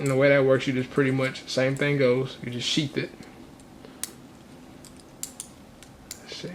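An alternate long-finger hand accessory for an action figure is handled and eased toward its sheath while someone talks. The talk gives way to faint rustling and a few short, sharp ticks of handling from about 4.0 to 6.1 seconds. Nothing has seated or clicked yet; the hand is not yet locked in place.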